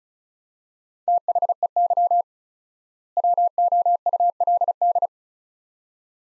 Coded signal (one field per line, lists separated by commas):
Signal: Morse code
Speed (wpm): 36 wpm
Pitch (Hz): 700 Hz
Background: none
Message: THEY WOULD